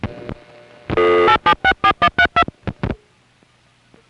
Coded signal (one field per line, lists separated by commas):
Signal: DTMF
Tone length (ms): 80 ms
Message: 8764132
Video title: Southern California Phone Tapes 2: #5 Crossbar in Van Nuys, Summer 1974